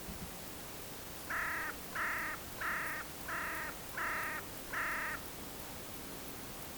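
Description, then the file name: Carrion crow giving six harsh, hoarse caws in a steady series, each about a third of a second long and repeated roughly every 0.7 seconds, over a constant background hiss. "Corvus corone"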